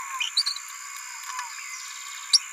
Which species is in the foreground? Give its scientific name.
Forpus passerinus